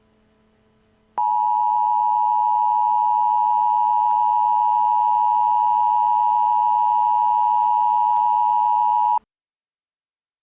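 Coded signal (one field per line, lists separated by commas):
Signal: Emergency Alert System (SAME) tones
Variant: 853 and 960 Hz attention tone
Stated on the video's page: Fictional EAS scenario deliberately using invalid tones.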